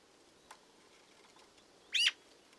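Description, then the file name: Eurasian magpie making a single rough, scratchy note near the end, preceded by quiet hiss and a faint tick. "Pica pica"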